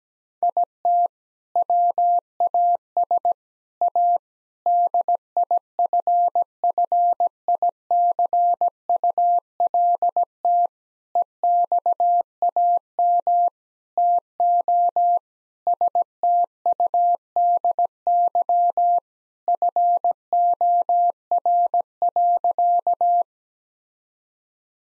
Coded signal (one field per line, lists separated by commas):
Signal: Morse code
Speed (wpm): 17 wpm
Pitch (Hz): 700 Hz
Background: none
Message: IT WAS A DIFFICULT EXAM TO STUDY FOR.